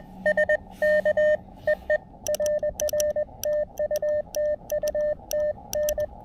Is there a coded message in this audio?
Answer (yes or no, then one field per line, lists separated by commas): yes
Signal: Morse code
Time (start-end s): 0.3-6.1 s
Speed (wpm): 20 wpm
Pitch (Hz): 590 Hz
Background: radio noise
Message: SK EE RR TU TU TN